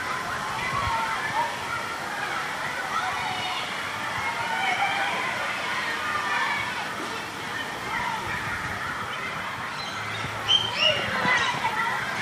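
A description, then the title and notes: Children play and chatter in a dense, steady babble of overlapping voices, with bright, curving shouts and squeals rising above it throughout. Near the end, from about ten seconds on, a few sharper calls stand out. A low rumble sits underneath. Children Playing.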